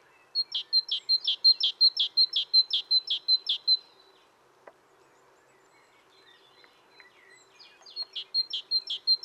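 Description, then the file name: Great tit singing a rapid two-note phrase, high clear whistle then lower rougher note, repeated several times, a pause of several seconds, then the phrase resumes. "Parus major"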